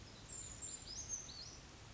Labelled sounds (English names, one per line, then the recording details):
Brown Creeper
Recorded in Sonoma County, California